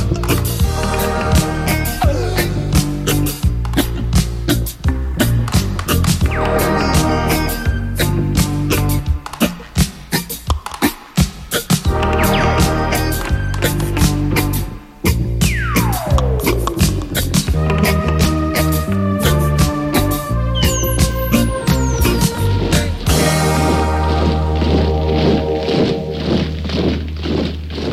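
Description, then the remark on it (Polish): Heavy marching footsteps in a song recording thud in a steady, regular rhythm, loud and continuous, blended with pitched musical tones and occasional swooping, sliding sounds. “Marszowych kroków nie mogło zabraknąć.”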